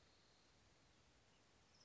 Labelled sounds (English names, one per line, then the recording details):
Spotted Towhee
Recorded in Sonoma County, California